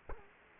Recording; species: mosquito wingbeat signal from an infrared sensor; Culex quinquefasciatus